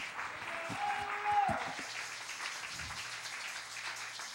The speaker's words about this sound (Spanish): Dele palmas al Señor con todo el corazón.